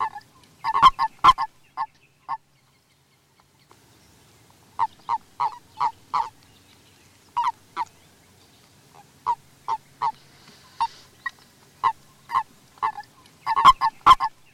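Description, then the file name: Common toad calls: rapid bursts of short, gruff croaks in clusters, with pauses between runs and a quiet background. "varangy"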